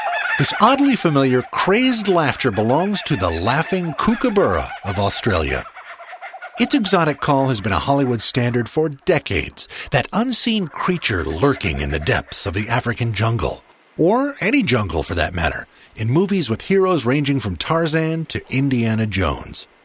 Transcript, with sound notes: This oddly familiar crazed laughter belongs to the Laughing Kookaburra of Australia. [Laughing Kookaburra calls] Its exotic call has been a Hollywood standard for decades, that unseen creature lurking in the depths of the African jungle – or any jungle for that matter, in movies with heroes ranging from Tarzan to Indiana Jones.